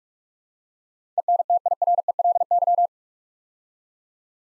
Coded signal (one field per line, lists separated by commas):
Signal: Morse code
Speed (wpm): 44 wpm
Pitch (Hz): 700 Hz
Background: none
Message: ENTIRELY